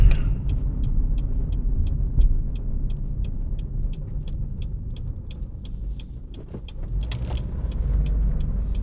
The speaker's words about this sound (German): Ich fahre jetzt hier weg. In der Hoffnung, dass es dem Auto gut geht.